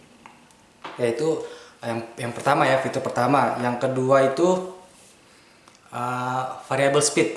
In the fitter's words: kembalikan, itu sudah terkunci.